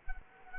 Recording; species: mosquito wingbeat signal from an infrared sensor; Culex quinquefasciatus